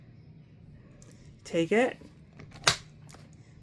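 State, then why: Seated. Someone talks briefly, then a lined-up plastic brush roll is pushed into the floor head of a V16 Pro cordless vacuum cleaner, with a few faint ticks of handling. A sharp, bright snap at 2.7 s marks the brush roll seating home in the floor head.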